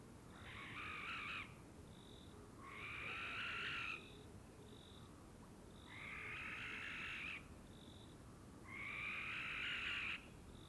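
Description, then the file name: Barn owl screeching four times, each rough hiss lasting over a second and repeated every few seconds, with short high-pitched pips in the gaps. A pair in courtship flight. "Common Barn Owl Courtship flight of pair"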